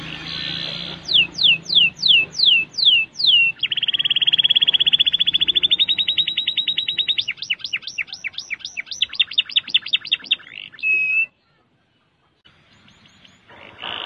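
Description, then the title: Canary song: a series of descending whistled notes, then a long fast rattling trill, a series of higher looping notes, a short note, and a pause before singing resumes. "Kenari"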